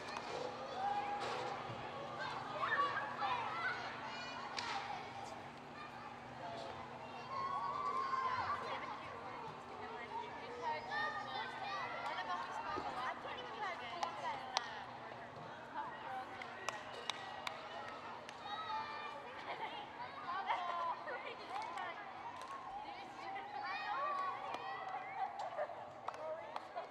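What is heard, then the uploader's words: Children play on a playground, a dense, continuous mix of overlapping voices, shouts and chatter with no pauses. Brighter squeals and calls rise out of the crowd every few seconds, while a faint steady low hum runs underneath throughout. Children on the Playground Background Noise.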